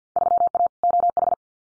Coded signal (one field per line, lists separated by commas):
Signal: Morse code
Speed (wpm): 50 wpm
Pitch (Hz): 700 Hz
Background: none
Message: 3A OH